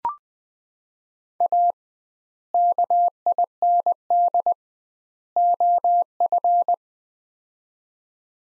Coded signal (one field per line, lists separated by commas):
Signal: Morse code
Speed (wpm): 20 wpm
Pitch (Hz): 700 Hz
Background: none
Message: A KIND OF